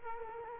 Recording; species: mosquito wingbeat signal from an infrared sensor; Culex quinquefasciatus